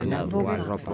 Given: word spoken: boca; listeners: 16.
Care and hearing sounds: one Spanish word in noise, from a listening test; four-talker babble; -1.4 dB; 2 of 16; 6 of 16; 0.54 s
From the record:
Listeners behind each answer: 6, 3, 2, 2, 1, 1, 1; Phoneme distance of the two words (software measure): 20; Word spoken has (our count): 2 syllables, 4 phonemes, stress on syllable 1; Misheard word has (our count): 2 syllables, 4 phonemes, stress on syllable 1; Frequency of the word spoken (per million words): 129.97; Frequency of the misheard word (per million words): 60.38

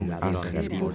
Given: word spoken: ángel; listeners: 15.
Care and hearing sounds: one Spanish word in noise, from a listening test; four-talker babble; -0.9 dB; 2 of 15; 6 of 15; 0.55 s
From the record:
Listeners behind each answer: 6, 2, 1, 1, 1, 1, 1, 1, 1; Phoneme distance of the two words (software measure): 41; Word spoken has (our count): 2 syllables, 5 phonemes, stress on syllable 1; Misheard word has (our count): 4 syllables, 8 phonemes, stress on syllable 3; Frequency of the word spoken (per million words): 51.02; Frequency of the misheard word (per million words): 4.59

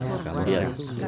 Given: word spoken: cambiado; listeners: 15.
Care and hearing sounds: one Spanish word in noise, from a listening test; eight-talker babble; -0.2 dB; 0 of 15; 11 of 15; 0.68 s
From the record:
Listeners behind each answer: 11, 1, 1, 1, 1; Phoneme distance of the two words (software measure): 17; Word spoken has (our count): 3 syllables, 8 phonemes, stress on syllable 2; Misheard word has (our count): 2 syllables, 7 phonemes, stress on syllable 2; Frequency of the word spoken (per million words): 39.04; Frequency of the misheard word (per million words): 76.32

